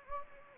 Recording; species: mosquito wingbeat signal from an infrared sensor; Anopheles gambiae